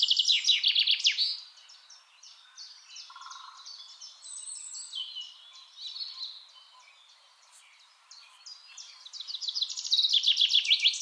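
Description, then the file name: Common chaffinch song: a loud, fast trill opens and closes the stretch, with quieter mixed notes in between. "Fringilla coelebs"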